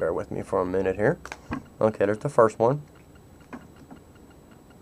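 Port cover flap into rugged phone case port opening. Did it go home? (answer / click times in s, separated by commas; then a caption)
yes / 3.5 s. A port cover flap is pushed into its port opening on a Trident Aegis Series rugged case for an HTC One, and it locks into place to keep out dust and moisture. Someone talks for about the first three seconds. A single clear click at 3.5 s marks the second cover seating, followed by a few faint ticks.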